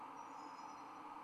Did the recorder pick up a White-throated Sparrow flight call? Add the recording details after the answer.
no. No flight call is heard. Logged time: 02:48 on 1 December 2014